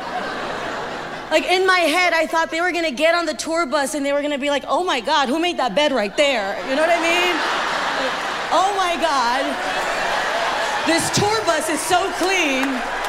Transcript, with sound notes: Like, in my head, I thought they were going to get on the tour bus and they were going to be like, oh, my God, who made that bed right there? You know what I mean?
(LAUGHTER)
Like, oh, my God, this tour bus is so clean.